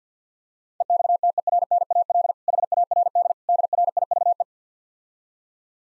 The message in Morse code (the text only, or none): EXTERNAL HARD DRIVE